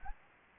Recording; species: mosquito wingbeat signal from an infrared sensor; Anopheles arabiensis